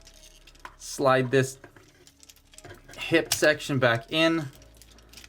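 A plastic hip section of a transforming robot figure is slid back into the leg while someone talks, with small plastic taps and scrapes heard between the words. Nothing has seated or clicked yet.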